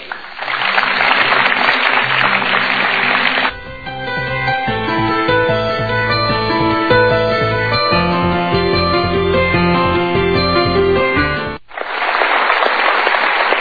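The studio audience of the TV show Mario Teguh Golden Ways claps steadily for a few seconds after a quiz answer is locked in, then a stretch of melodic instrumental music plays, and a second short burst of dense applause follows at the end.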